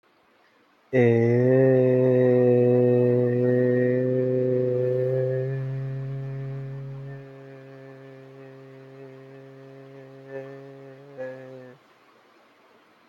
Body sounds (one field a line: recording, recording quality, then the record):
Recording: sustained vowel as in made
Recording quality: excellent, no background noise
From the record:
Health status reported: healthy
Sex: male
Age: 24 years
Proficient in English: yes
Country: India